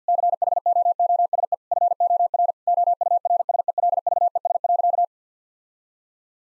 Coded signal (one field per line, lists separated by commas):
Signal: Morse code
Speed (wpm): 50 wpm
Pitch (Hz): 700 Hz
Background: none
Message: CHOOSE FOR OURSELVES.